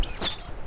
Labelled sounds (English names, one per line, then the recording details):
Stitchbird song
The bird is a male
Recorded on Tiritiri Matangi Island, New Zealand, in 2005
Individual 12, of nest box 16